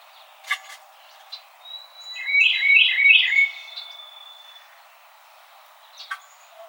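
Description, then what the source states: Carolina Wren song of three rolling whistled phrases over a long thin high whistle, with sharp clicks before and after. Recorded on 4 January 2007.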